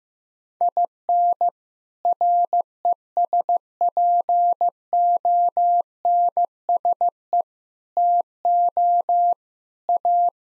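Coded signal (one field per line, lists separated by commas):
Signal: Morse code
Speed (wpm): 15 wpm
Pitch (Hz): 700 Hz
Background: none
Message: IN RESPONSE TO A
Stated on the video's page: Practice sentences containing common six-word phrases at 15 wpm, each sent twice in Morse around a spoken version.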